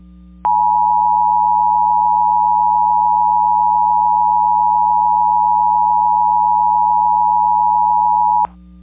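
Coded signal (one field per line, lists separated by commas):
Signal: Emergency Alert System (SAME) tones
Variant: 853 and 960 Hz attention tone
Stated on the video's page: Mock civil emergency message for Colorado, not a real alert.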